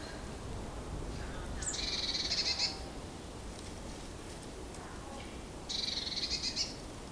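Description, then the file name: Great tit calls: two harsh, rattling chatter bursts about four seconds apart, each near a second long, over constant low background noise. "Parus major"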